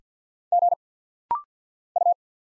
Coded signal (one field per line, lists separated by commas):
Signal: Morse code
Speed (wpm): 50 wpm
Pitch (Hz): 700 Hz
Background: none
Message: G U